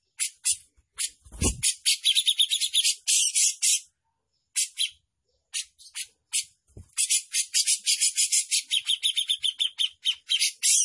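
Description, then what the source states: Grey-cheeked bulbul song, bursts of harsh, buzzy chattering notes in fast irregular runs, pausing briefly, with two low thumps. Gacor bird, in continuous lively song, described as mewah mbeset ngepik.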